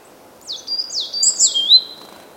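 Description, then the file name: Great tit calls: three high, downward-sweeping notes in quick succession, each trailing into a thin, level whistle. "Parus major"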